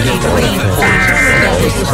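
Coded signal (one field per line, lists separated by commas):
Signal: Emergency Alert System (SAME) tones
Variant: end-of-message bursts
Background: speech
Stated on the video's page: Monday tests and IPAWS alerts.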